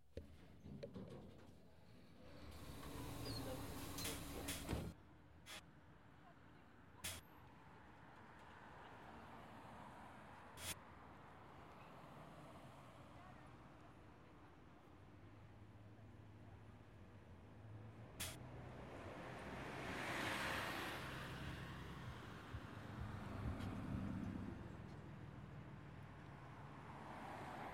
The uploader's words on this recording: The album paints an auditory portrait of NAU and the surrounding Flagstaff area.